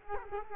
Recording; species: mosquito wingbeat signal from an infrared sensor; Culex quinquefasciatus